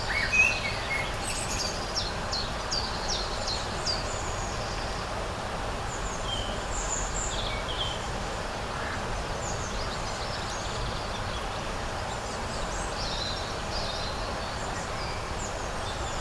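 Birds sing over a steady, dense hiss of outdoor noise that fills the low and middle range throughout. Short bright chirps and trills come scattered every second or two, high up, with a slightly louder call near the very start.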